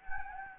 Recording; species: mosquito wingbeat signal from an infrared sensor; Anopheles gambiae